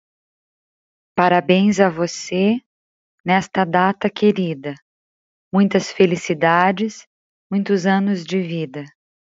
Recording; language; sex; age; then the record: short text; Brazilian Portuguese; female; 40 to 49 years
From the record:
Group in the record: control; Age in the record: 40 years